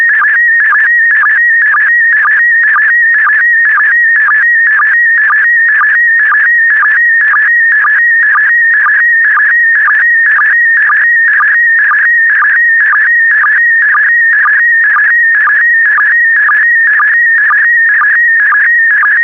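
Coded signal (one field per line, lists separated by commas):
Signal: SSTV (slow-scan television)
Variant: PD120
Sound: steady warbling high tone with a short low blip about twice per second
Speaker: the next image transmission will start in 10 seconds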